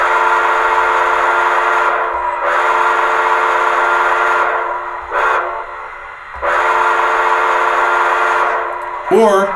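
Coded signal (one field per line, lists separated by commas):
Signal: train horn signal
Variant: steam whistle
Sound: steam locomotive whistle: two long blasts, one short, one long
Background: faint voice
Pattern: 2 long, 1 short, 1 long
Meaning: Approaching a grade crossing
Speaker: that's the grade crossing this is the long long short long blast of the whistle now we can do this manually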